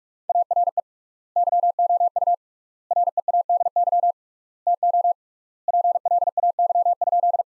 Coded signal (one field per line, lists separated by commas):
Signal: Morse code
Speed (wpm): 44 wpm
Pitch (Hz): 700 Hz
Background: none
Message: ARE YOU READY TO PLAY?